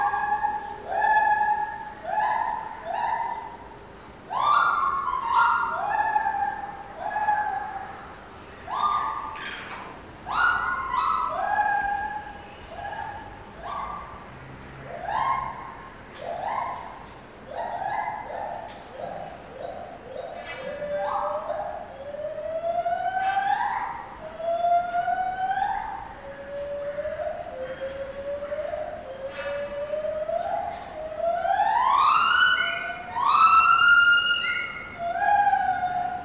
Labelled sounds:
Lar Gibbon

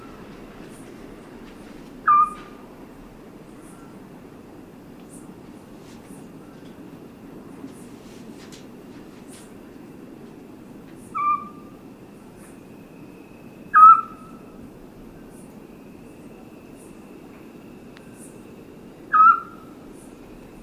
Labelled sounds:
Eurasian Scops Owl

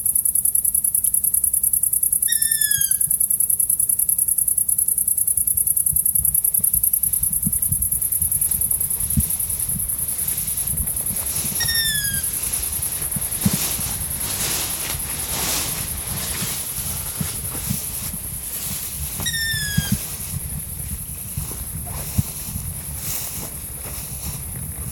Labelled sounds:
Long-eared Owl call

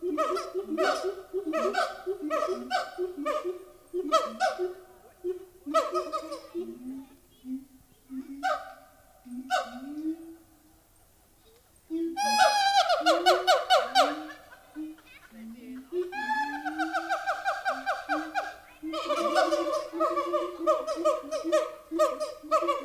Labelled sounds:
Siamang

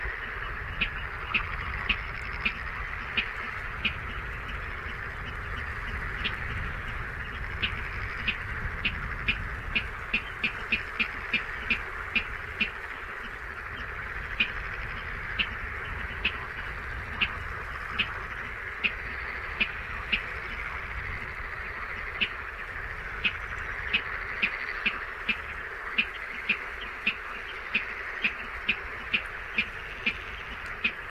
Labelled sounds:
Water Rail

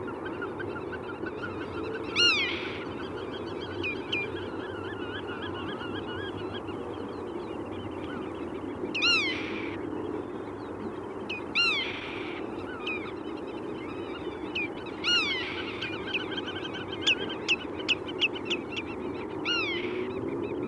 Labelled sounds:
Black-tailed Godwit call

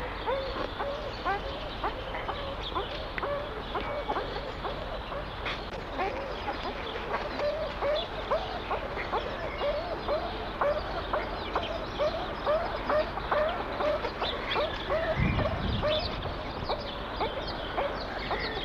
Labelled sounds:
Western Swamphen call

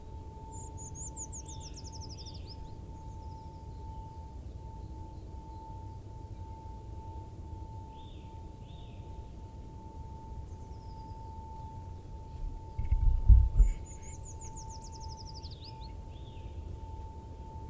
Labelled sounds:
Eurasian Treecreeper

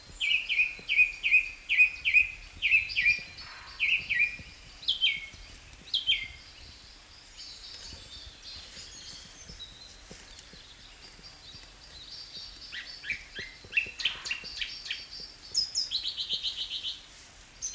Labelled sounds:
Song Thrush song

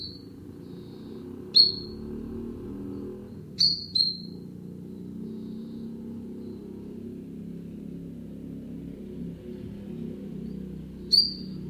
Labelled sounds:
Common Chiffchaff

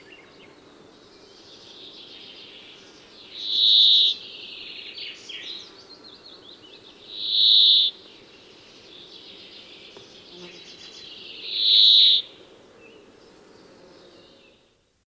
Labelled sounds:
Brambling

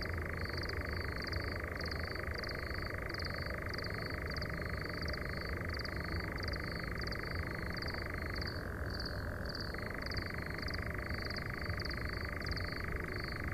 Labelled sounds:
Eurasian Nightjar song

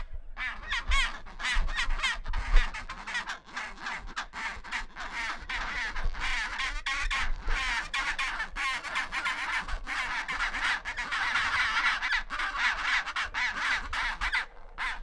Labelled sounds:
Chinstrap Penguin call

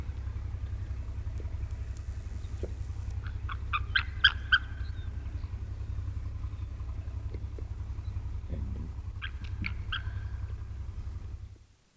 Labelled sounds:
White-tailed Eagle call

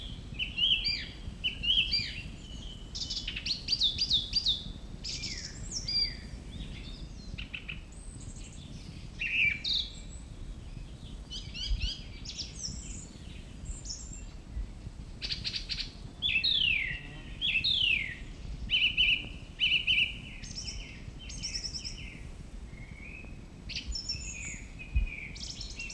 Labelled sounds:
Song Thrush song

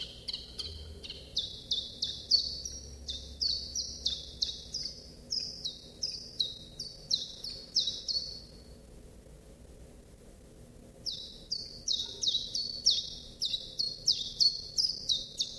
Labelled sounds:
Common Chiffchaff song

